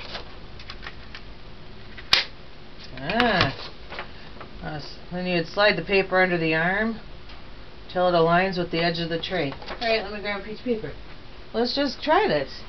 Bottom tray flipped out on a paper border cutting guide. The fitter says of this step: lift up the arm on the guide and flip the bottom tray out until clock it clicks in place